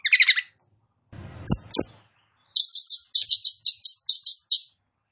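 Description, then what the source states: Long-tailed shrike song: a quick chattering burst, two sharp clicks over a low rustle, then a rapid run of high, clear piping notes. Indonesian name Cendet; described as gacor, a vigorous, persistent singing style.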